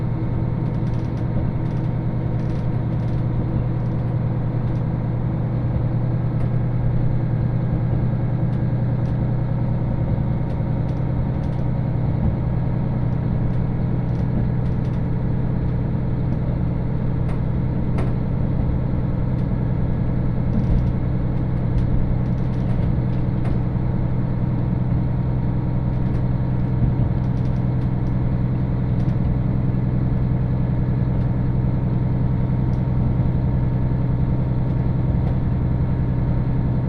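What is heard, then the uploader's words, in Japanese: A train ride heard from inside the carriage: a steady, dense low engine drone and rumble with faint ticks and rattles throughout. 鉄道旅 函館本線砂原支線 森→鹿部。キハ40系の単行で。というわけでロングシートに座っていきます。途中の渡島砂原までは駅間も短めで、徐々に駒ヶ岳が近づいてきますが、日も暮れて空も暗くなります。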